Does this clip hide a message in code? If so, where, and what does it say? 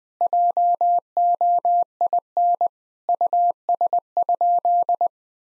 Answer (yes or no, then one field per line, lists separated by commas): yes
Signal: Morse code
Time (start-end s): 0.2-5.1 s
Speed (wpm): 20 wpm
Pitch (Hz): 700 Hz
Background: none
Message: JOIN US?